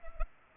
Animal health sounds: mosquito wingbeat signal from an infrared sensor; Culex pipiens

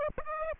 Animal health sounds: mosquito wingbeat signal from an infrared sensor; Aedes aegypti

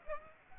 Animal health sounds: mosquito wingbeat signal from an infrared sensor; Aedes aegypti

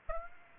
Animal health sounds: mosquito wingbeat signal from an infrared sensor; Aedes aegypti

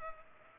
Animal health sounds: mosquito wingbeat signal from an infrared sensor; Culex pipiens

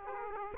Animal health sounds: mosquito wingbeat signal from an infrared sensor; Aedes aegypti

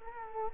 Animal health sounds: mosquito wingbeat signal from an infrared sensor; Culex quinquefasciatus

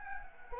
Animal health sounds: mosquito wingbeat signal from an infrared sensor; Anopheles arabiensis

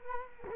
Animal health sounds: mosquito wingbeat signal from an infrared sensor; Culex quinquefasciatus

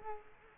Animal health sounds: mosquito wingbeat signal from an infrared sensor; Culex quinquefasciatus

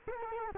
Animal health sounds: mosquito wingbeat signal from an infrared sensor; Culex quinquefasciatus

